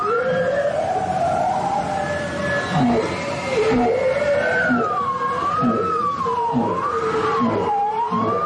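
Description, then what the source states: Bowhead whale song, wavering tonal moans gliding up and down with harmonics, plus several short lower notes, over steady underwater noise. Singing, heard on hydrophones under Arctic ice, among calls of many marine mammals.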